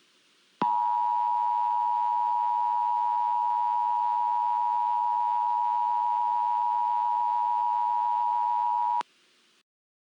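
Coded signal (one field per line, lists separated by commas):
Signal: Emergency Alert System (SAME) tones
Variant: 853 and 960 Hz attention tone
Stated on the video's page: Fictional EAS scenario, a first attempt that may contain errors.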